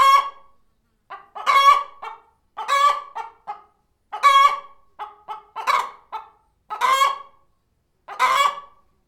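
Chicken clucking: short staccato clucks alternating with loud, rasping, drawn-out notes, several bursts in under ten seconds, no other sounds.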